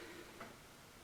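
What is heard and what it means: A new steel foothold trap is being handled as its pan is pressed down so the dog can engage the filed notch in the pan catch and the pan can set flat, with resistance felt just before it sets. Only quiet, steady background noise is heard, with a faint, brief rise around 0.4 s. Nothing has clicked or seated yet.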